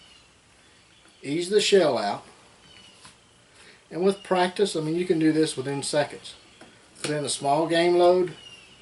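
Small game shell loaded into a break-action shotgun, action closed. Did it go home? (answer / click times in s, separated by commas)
no / none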